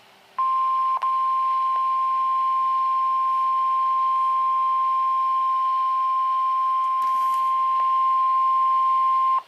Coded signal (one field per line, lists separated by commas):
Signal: Emergency Alert System (SAME) tones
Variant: 1050 Hz attention tone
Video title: Severe Thunderstorm Warning #7 (EAS #50) (7/13/16)